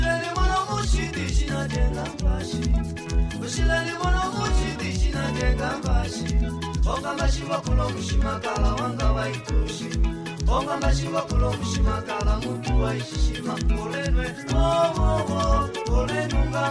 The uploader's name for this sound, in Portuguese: ruas ruidosas de Luanda